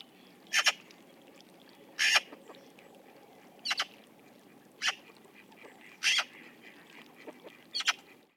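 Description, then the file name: Eurasian magpie giving six harsh, rasping chatter bursts over a soft background hiss. "Pica pica"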